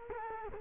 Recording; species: mosquito wingbeat signal from an infrared sensor; Culex quinquefasciatus